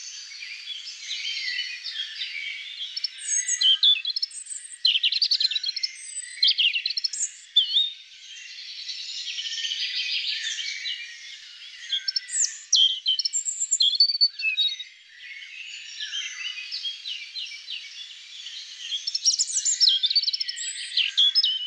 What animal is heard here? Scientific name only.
Erithacus rubecula